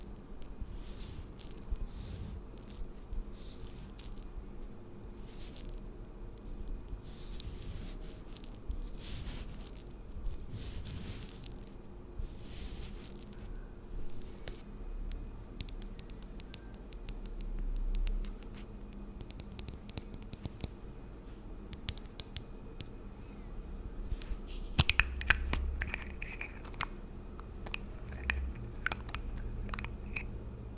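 Layered tingly sounds for skin and hair pampering: soft tapping, squishing and crackling textures over a steady low rumble. Bright clicks and brushy bursts come in irregular clusters, with a louder cluster of crisp taps around 25 seconds.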